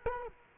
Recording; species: mosquito wingbeat signal from an infrared sensor; Culex quinquefasciatus